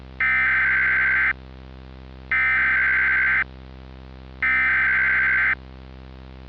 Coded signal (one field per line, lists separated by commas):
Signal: Emergency Alert System (SAME) tones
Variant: header bursts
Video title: Some random EAS mock